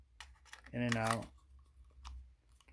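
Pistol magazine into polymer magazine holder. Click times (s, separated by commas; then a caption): 0.2 s. A pistol magazine is pushed down into an expanding polymer magazine holder and clicks into place at 0.2 s, seating it. Someone talks briefly afterward, followed by a few faint clicks and handling sounds near the end.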